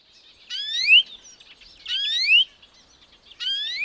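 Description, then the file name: European greenfinch calling with three nasal, upward-sweeping wheezes, each lasting about half a second, spaced about one and a half seconds apart. "Chloris chloris"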